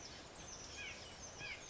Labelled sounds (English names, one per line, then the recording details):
White-breasted Nuthatch
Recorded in Sonoma County, California